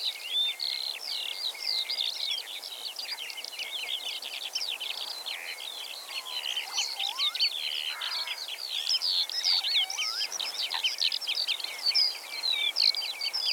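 Eurasian skylark delivering an unbroken, high, rippling song of quick trills and chirps, with a few lower slurred notes in the middle.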